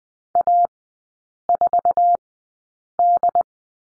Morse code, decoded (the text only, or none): A4D